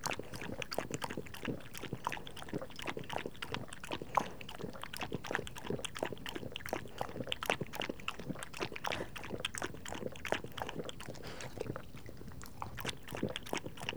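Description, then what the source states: Dog drinking water in a long, steady stream of fast wet laps that briefly ease off near the end. Dog drinking water, recorded close up.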